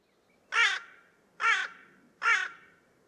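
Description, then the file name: Carrion crow calling three loud, rasping caws spaced under a second apart, clear against a quiet background. "Corvus corone"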